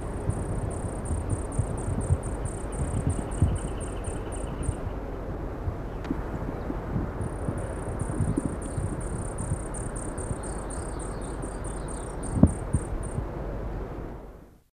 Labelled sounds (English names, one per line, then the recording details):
Gilded Sapphire call
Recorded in captivity
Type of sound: call
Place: El Palmar-Nationalpark, AR
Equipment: Halbspur, 9,5 cm/s
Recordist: Lütgens, Hans
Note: Rufe